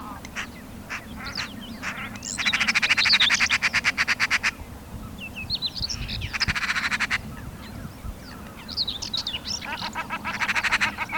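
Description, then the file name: Eurasian magpie giving harsh rattling chatter in three bursts of quick dry pulses, the longest in the first half, amid thin chirps and whistles. "Pica pica"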